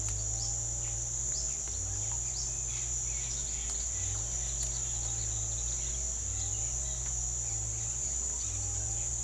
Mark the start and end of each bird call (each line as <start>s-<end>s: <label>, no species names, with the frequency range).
0.35s-0.54s: bird call (4.3-6.1 kHz)
1.23s-1.51s: bird call (3.9-6.1 kHz)
2.29s-2.49s: bird call (4.0-6.4 kHz)